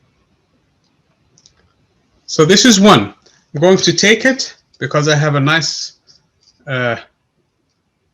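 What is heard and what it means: A plastic battery holder is handled while being fitted onto the base of a DC motor lab apparatus, with a few faint, brief handling ticks early on. Someone then talks over the rest of the clip. Nothing has seated or clicked into place yet.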